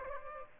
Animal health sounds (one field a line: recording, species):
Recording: mosquito wingbeat signal from an infrared sensor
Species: Aedes aegypti